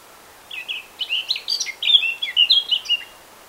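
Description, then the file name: Eurasian blackcap delivering a rapid, chattering series of bright twittering notes, about two and a half seconds long, with quiet hiss behind. "Sylvia atricapilla"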